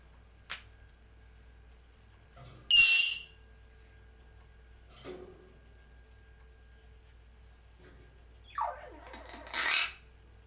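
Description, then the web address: Parrot sounds: a brief click, then a shrill whistled squawk, a faint rasp, and a harsh burst of grating squawks near the end over a low hum. "попугай"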